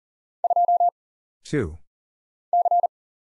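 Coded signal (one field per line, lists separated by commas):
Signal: Morse code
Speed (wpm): 40 wpm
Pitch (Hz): 700 Hz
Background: none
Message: 2 C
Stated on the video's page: Single characters (letters, numbers, punctuation, prosigns) at 40 wpm as an instant character recognition drill; each is sent, spoken, then sent again.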